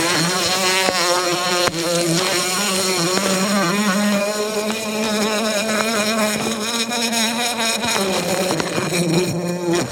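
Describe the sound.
Bumblebee buzz, an unbroken humming drone whose pitch drifts slowly up and down.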